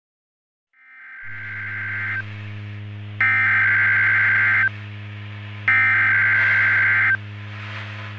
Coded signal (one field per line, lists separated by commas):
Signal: Emergency Alert System (SAME) tones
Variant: header bursts